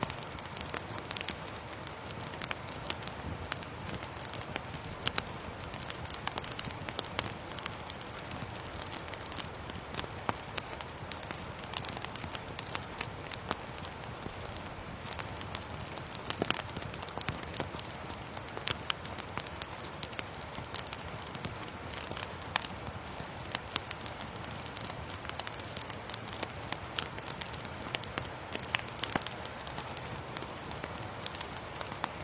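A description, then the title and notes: Rain falls steadily on leaves, a dense, even patter of countless small drops with sharp ticks scattered throughout. The sound stays constant for the whole stretch, bright, over a soft low rumble in the background. Immersed in the autumn forest on the road, the healing sound of the rain hitting the leaves is extremely hypnotic.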